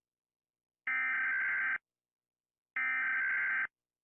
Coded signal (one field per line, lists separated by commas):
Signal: Emergency Alert System (SAME) tones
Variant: header bursts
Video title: ⚠️Rating EAS (A-Z) #18 (Chinese new year 🇨🇳)⚠️